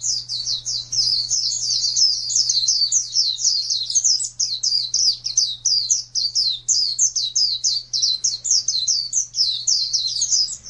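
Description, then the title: White-eye song: a fast, unbroken stream of high, twittering chirps that keeps going throughout, over a faint low hum. "Pleci suara"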